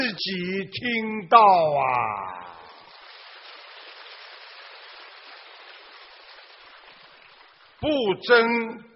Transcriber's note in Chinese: 掌声